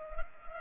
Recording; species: mosquito wingbeat signal from an infrared sensor; Culex pipiens